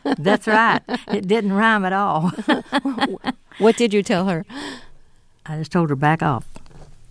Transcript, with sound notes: That's right. It didn't rhyme at all.
(LAUGHTER)
What did you tell her?
I just told her back off.